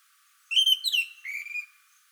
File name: suara asli anis merah